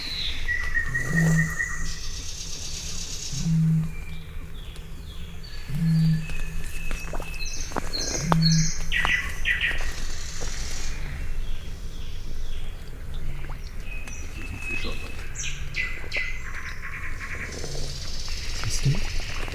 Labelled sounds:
Eurasian Beaver (Castor fiber) call
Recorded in the wild
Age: subadult
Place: Kützerhof, Kummerower See, Mecklenburg-Vorpommern, DE
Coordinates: 53.8481, 12.885
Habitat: alluvial forest
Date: 2008-05-15
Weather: clear night, first quarter moon, 10°C, no wind
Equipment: Sound Devices 702, Sennheiser MKH 70, Windkorb
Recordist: Frommolt, Karl-Heinz

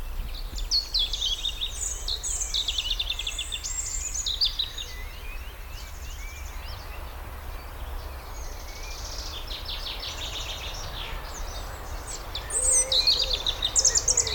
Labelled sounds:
European Robin (Erithacus rubecula)
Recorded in the wild
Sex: male
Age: adult
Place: Rheinsberg, Brandenburg, DE
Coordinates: 53.1, 12.9
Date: 1995-04-14
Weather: heiter, 10°C
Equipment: Marantz CP 430, Sennheiser ME 80, Kopie Uher 4000 Report Monitor
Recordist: Tembrock, Günter

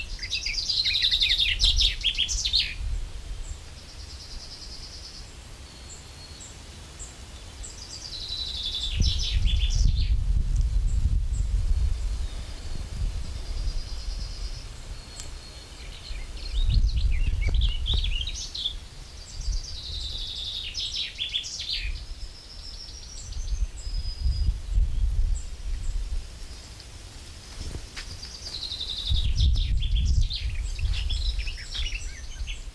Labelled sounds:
Common Chaffinch (Fringilla coelebs) song
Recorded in the wild
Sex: male
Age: adult
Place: Bötzow - Krämer, Brandenburg, DE
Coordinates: 52.6736, 13.0725
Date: 1997-05-18 17:27
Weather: sunny, 26°C, wind
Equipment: Sony MD-WM MZ-R3, Sennheiser MKH 416 T, Kopie Uher 4000 Report Monitor
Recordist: Tembrock, Günter

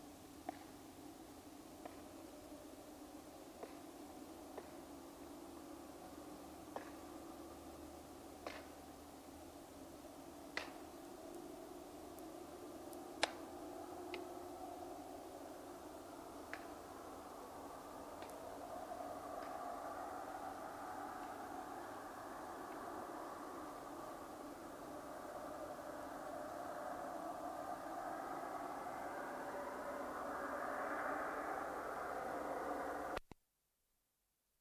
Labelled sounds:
Long-eared Owl (Asio otus)
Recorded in the wild
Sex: pair
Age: adult
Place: Rötlen, Baden-Württemberg, DE
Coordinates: 48.9664, 10.2194
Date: 1972-04-13
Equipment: Uher Report 4200, Scotch-Classic 19cm, AKG D190C in Doppelparabolreflektoren
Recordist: Krey, Winfried

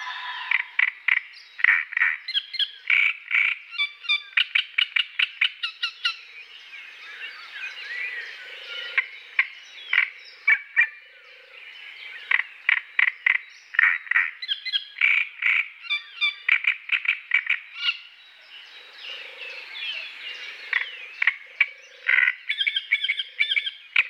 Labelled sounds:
Great Reed Warbler (Acrocephalus arundinaceus) song
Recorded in the wild
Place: NSG Taubergießen / Reg.-Präs. Freiburg im Breisgau, Baden-Württemberg, DE
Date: 1979-05-20
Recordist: Schwarz, Dieter

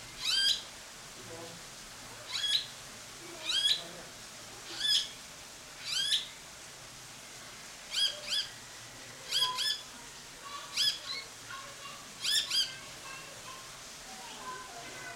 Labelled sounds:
Blue-faced Honeyeater (Entomyzon cyanotis)
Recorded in captivity
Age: adult
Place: Zoo Berlin, Berlin, DE
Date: 1992-06-20 12:03
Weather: wolkig-heiter, 20-24°C
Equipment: Marantz CP 430, Sennheiser ME 80, Kopie Tesla B 116
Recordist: Tembrock, Günter
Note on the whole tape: Lautfolgen (längere Folgen), Abstand ca. 3 m

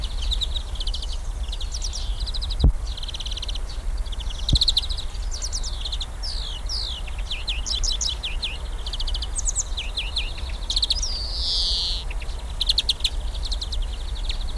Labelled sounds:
European Greenfinch (Chloris chloris)
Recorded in the wild
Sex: group
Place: Lübars (Fließtal), Berlin, DE
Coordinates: 52.6167, 13.35
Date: 1999-07-17 19:43
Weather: fair, ca. 25°C
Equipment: Sony WM-D6C, Sennheiser ME 80, Kopie Uher 4000 Report Monitor
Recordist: Tembrock, Günter

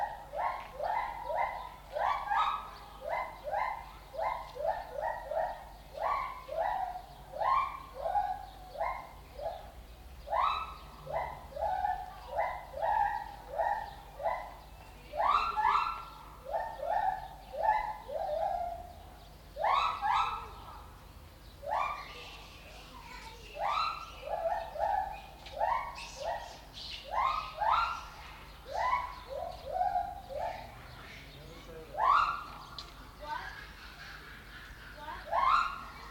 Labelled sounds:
Lar Gibbon (Hylobates lar) call
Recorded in captivity
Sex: pair
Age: adult
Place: Zoo Berlin, Berlin, DE
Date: 1995-04-01 12:50
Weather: bedeckt - heiter, 6 - 8 °C, böiger Wind
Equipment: Marantz CP 430, Sennheiser ME 80, Kopie Uher Variocord 263
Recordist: Tembrock, Günter

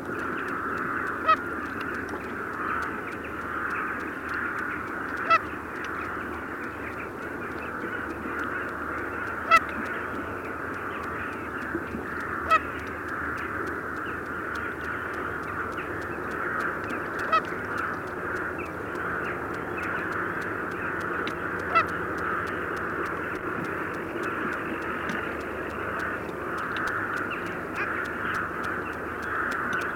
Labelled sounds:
Long-tailed Duck (Clangula hyemalis) call
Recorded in the wild
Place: Putbus, Insel Rügen, Mecklenburg-Vorpommern, DE
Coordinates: 54.343, 13.5
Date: 1976-03-06
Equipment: Nagra III BH, Sennheiser MD 21, parabola
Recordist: Schubert, Michael

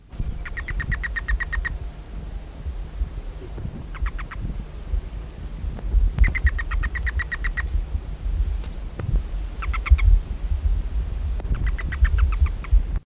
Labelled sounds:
Common Scimitarbill (Rhinopomastus cyanomelas) call
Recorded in the wild
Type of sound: call
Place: Embela, ER
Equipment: Halbspur, 9,5 cm/s
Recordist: Lütgens, Hans
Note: Rufe

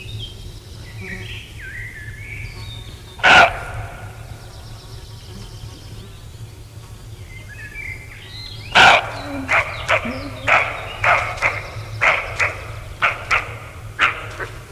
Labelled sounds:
Western Roe Deer (Capreolus capreolus) call
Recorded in the wild
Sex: male
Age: adult
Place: Feldberg - Koldenhof, Mecklenburgische Seenplatte, Mecklenburg, DE
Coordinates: 53.3294, 13.3136
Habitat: beech forest
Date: 1976-06-26 19:04
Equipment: Uher CR 210, Sennheiser MD 421 HL, Verstärker, Reflektor, Kopie Uher 4200
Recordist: Tembrock, Günter

